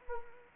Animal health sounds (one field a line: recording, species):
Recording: mosquito wingbeat signal from an infrared sensor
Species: Anopheles arabiensis